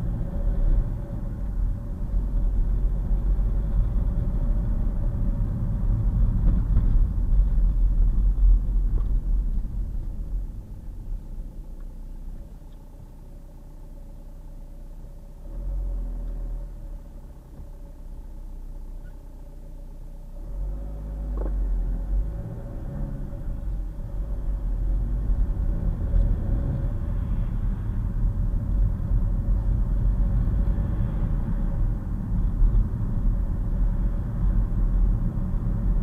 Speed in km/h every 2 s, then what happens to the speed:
31, 35, 35, 31, 13, 0, 0, 3, 0, 0, 15, 19, 31, 31, 37, 39, 40, 42.
0-5 steady at about 35. 5-10 brakes to 0. 10-18 standing. 18-36 pulls away to 42.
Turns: none.